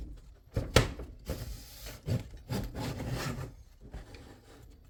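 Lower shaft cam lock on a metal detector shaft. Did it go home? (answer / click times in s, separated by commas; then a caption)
yes / 0.8 s. The lower shaft of a Minelab X-Terra Elite metal detector is joined to the upper shaft and a small plastic cam lock is snapped shut to hold them together. A loud, sharp snap at 0.8 s is followed by several seconds of rubbing and scraping handling noise. The cam lock is seated and closed.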